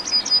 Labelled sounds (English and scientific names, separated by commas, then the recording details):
Yellowhammer (Emberiza citrinella) song
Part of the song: start
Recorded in the Czech Republic on 1 May 2016
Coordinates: 49.503, 14.680
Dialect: BhBl
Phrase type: E40
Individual 15TB